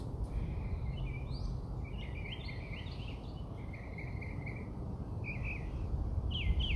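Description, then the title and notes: Birds singing, high chirps and short rising trills in quick succession, with a final rising whistle, over a low background hum. Recorded outside the narrator's house. "Bird Songs Part Two. More bird songs outside my house"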